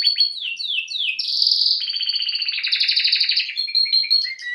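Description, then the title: Domestic canary song with descending whistled slurs, a loud high rolling tour, then fast pulsed trills and short chirping notes. Belgian canary male singing a lot; used for training to warm up young birds. "Canary Training Esquente Seu Filhote E Canario Belga Macho Cantando Muito"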